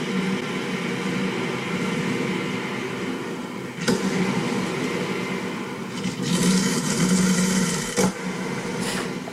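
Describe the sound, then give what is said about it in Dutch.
An electric coffee percolator brews with a steady mechanical hum, broken by a couple of sharp clicks and bursts of hissing, bubbling steam toward the end. “Ja, ik heb dus een elektrische percolator en daar zit een muziekje bij.”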